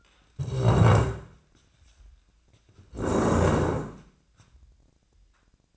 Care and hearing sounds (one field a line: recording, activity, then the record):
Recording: daily activity, microphone in the room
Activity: stand up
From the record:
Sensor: 2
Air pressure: 1012.1 hPa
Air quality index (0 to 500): 160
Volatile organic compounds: 2 ppm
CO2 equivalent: 1169 ppm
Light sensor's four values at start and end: 74/164/77/88 and 41/100/45/50